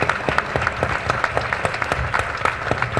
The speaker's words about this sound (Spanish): Sí, muchos aplausos para ti